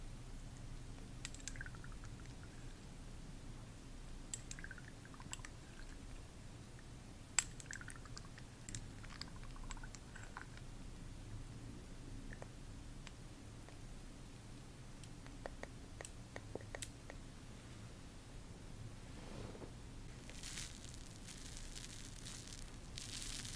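Skin care sounds: soft taps, light clicks and brief rustles scattered irregularly over a steady low hum. Crisp sharp ticks land around seven and sixteen seconds, and a brighter hiss of rubbing or spraying swells near the end.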